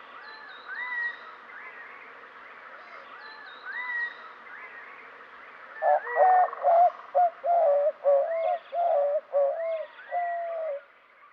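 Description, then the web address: White-winged dove giving a series of loud hooting coos in the second half, after softer rising notes. Recorded in western North America. "Wildlife Identification By Sound, Western North America. White-Winged Dove"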